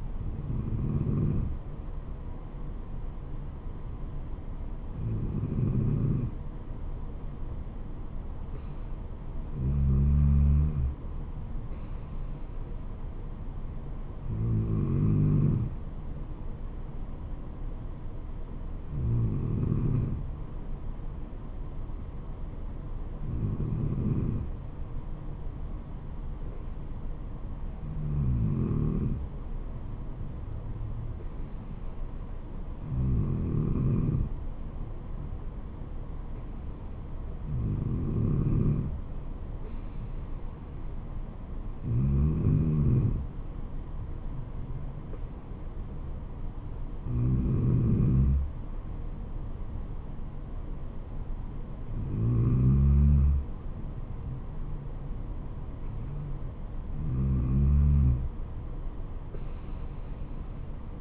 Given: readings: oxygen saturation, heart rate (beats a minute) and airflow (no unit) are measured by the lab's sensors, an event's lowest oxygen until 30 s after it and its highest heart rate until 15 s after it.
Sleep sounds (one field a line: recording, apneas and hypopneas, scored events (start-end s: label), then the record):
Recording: breathing in sleep by a smartphone at the bedside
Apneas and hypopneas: none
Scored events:
none scored
From the record:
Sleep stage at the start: N2 (light sleep)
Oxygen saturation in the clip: 93 to 94%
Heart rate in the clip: 63 to 75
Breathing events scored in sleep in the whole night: 426 in 7.4 hours asleep